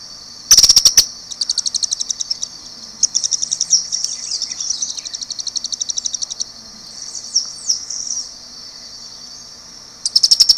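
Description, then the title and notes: White-crested tyrannulet giving very high, rapid buzzy trills in repeated bursts, with a few sharp clicking bursts at the start and end. Recorded in Brazil. "Também conhecido como Alegrinho-do-leste. O Alegrinho (Serpophaga subcristata). pequeno papa-mosca arborícola do Brasil oriental"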